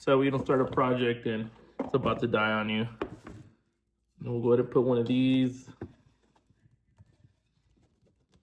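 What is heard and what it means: Someone talks, then handles a nozzle attachment or battery and lines it up on a cordless leaf blower, with several faint taps heard in the quieter second half of the clip. Nothing has seated or clicked yet.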